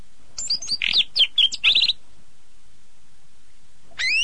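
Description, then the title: Bird singing a quick burst of sharp chirps and twittering notes, then a pause before a single rising, ringing note near the end. "burung"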